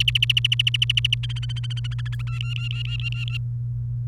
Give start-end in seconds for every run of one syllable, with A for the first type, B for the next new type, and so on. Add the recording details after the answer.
0.00-1.15 A, 1.23-2.22 B, 2.27-3.37 C. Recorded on 29 April 2018 at 08:19. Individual llb3